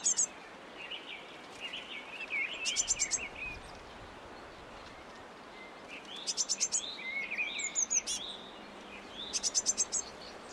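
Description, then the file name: Eurasian blue tit calling: quick bursts of four to six very high, thin notes, with lower chattering notes in between, over steady background hiss. "Cyanistes caeruleus"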